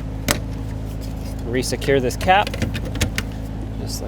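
A wiring harness connector is plugged into the plastic socket on the fuel pump module of a 2002–2006 Nissan Altima, giving one sharp click at 0.3 s. Someone talks afterward over a steady low hum, with a few more small taps near the end. The connector is seated.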